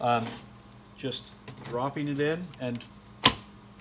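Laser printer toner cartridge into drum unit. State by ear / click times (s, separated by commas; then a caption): seated / 3.3 s. A laser printer toner cartridge for a Brother HL 5250 is dropped into its drum unit again while someone talks. It snaps home with a sharp click at 3.3 s, and the cartridge is seated.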